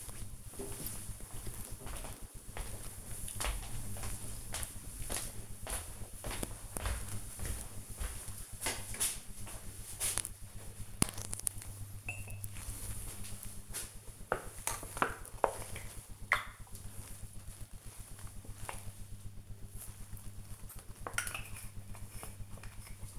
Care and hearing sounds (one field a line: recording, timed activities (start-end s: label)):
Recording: household activities, microphone on the right wrist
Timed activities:
10.10-23.19 s: brushing teeth